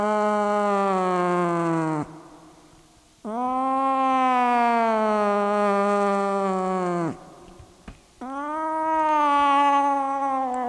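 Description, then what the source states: Cat giving three long yowls separated by gaps of about a second. A cat named Sunshine.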